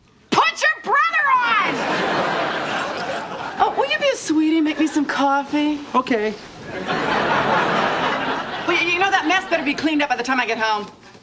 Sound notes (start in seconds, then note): 1.6 laughter; 6.6 laughter